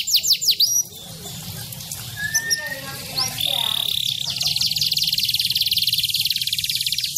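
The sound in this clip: Bird song: quick high downslurred whistles, a brief thin whistle, then a long fast high-pitched trill of rapid chips.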